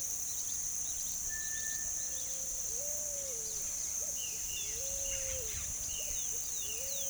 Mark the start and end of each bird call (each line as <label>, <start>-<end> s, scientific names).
Myiozetetes cayanensis, 0.00-2.33 s
Crypturellus cinereus, 1.28-1.89 s
Patagioenas cayennensis, 2.69-7.09 s
Cyanocorax violaceus, 4.14-6.95 s
Sporophila angolensis, 5.82-7.09 s